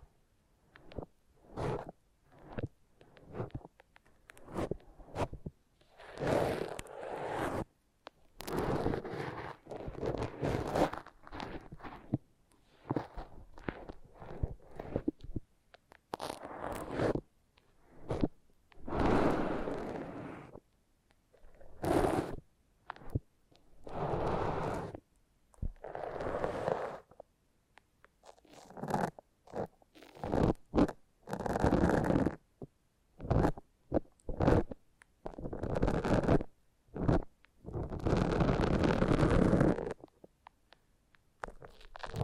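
Foam is rubbed and squeezed in a foam massage, making irregular bursts of scratchy, squishy friction that fill the range from low to bright. Strokes last from a fraction of a second to a couple of seconds, broken by short silent gaps, with no steady rhythm.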